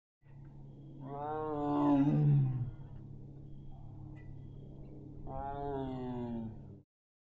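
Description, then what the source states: Lion roaring: two long, moaning roars, each starting strong and sliding downward in pitch, the first louder, over a steady low rumble. Lion howling.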